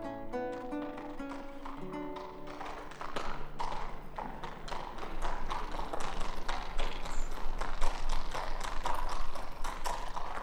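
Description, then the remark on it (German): The hooves of a hunter's horse clip-clop in a steady, rapid rhythm of sharp knocks that grow louder after the first few seconds, with a brief sustained tone sounding at the start. “Seht, das ist der Jäger. Ach, welch ein schön Pferd.”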